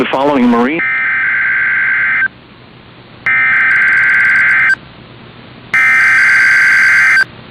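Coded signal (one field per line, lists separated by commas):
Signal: Emergency Alert System (SAME) tones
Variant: header bursts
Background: speech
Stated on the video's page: Required Weekly Test on NOAA Weather Radio, audio recorded off an online stream.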